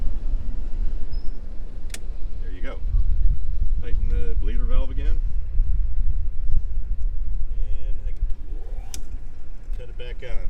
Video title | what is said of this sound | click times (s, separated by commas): Your new pool from East Coast Leisure -operation | The locking mechanism will snap when it's tight. So listen for the snap. There you go. | 1.9 s